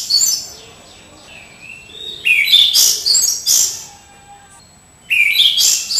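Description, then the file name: Orange-sided thrush singing loud, rich warbled phrases in separate bursts, with softer twittering notes in the pauses. "anis cendana"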